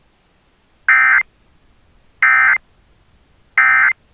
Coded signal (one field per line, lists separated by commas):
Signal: Emergency Alert System (SAME) tones